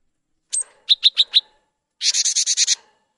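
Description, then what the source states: Cinereous tit singing: one sharp high note, then four quick ringing whistled notes, followed by a dry, buzzy rattling burst lasting under a second. Song style named lenggak-lenggok.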